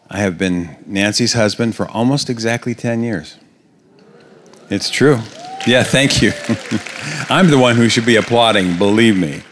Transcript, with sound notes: I have been Nancy's husband for almost exactly ten years. It's true. (applause) Thank you. I'm the one who should be applauding, believe me.